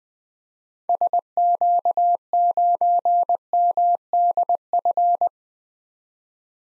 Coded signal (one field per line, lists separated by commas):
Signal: Morse code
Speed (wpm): 20 wpm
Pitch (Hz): 700 Hz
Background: none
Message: SQ9MDF